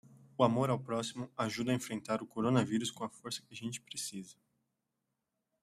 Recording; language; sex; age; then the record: spoken sentence; Brazilian Portuguese; male; 30 to 39 years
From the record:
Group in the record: control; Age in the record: 30 years